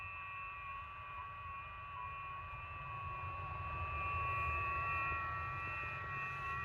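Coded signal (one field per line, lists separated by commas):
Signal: FT8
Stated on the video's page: FT8 via QO-100 satellite from a mobile car station: 80cm dish on azimuth rotor, transverter, ICOM IC-9700 and laptop; includes a very weak signal.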